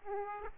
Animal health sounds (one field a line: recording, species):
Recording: mosquito wingbeat signal from an infrared sensor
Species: Aedes aegypti